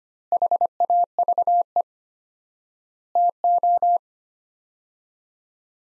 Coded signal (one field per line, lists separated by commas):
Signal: Morse code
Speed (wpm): 25 wpm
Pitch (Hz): 700 Hz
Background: none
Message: HAVE TO